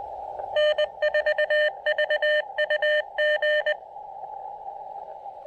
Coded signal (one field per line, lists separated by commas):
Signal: Morse code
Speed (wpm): 21 wpm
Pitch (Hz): 590 Hz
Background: none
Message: N4VUG